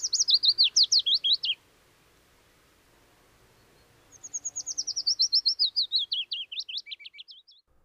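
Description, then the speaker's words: Willow warbler song: two silvery phrases, each a run of quick slurred notes falling in pitch, separated by a pause of about two and a half seconds. Silvery, shivering song accompanying the arrival of spring; song best separates it from the similar-looking chiffchaff. "bird that not many people have heard of, let alone heard, yet the silvery, shivering song of this tiny leaf-like sprite is the accompaniment of the burgeoning of spring."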